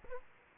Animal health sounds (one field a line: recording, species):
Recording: mosquito wingbeat signal from an infrared sensor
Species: Aedes aegypti